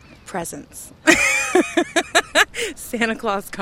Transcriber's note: laughter